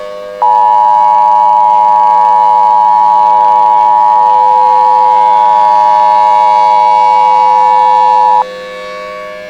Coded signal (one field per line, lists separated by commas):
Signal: Emergency Alert System (SAME) tones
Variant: 853 and 960 Hz attention tone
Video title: EAS Scenario: Angry Skies in the Ozarks